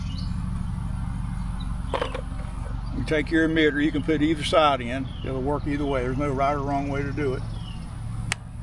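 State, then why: Seated. A plastic drip emitter is pushed into a freshly punched hole in polyethylene drip irrigation tubing while someone talks over a steady low outdoor rumble. A sharp snap at 8.3 s is the emitter seating in the line.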